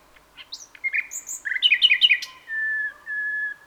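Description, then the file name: Common nightingale song: varied high whistles and chirps, a quick series of repeated notes, then long steady pure whistles. "Luscinia megarhynchos"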